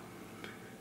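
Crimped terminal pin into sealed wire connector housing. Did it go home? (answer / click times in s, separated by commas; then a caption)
yes / 0.4 s. A crimped metal terminal pin is wiggled into a cavity of a sealed plastic wire connector housing until its internal retention tabs catch. Over a steady low background hiss, one short, sharp click sounds at 0.4 s. The pin is seated and held by the tabs.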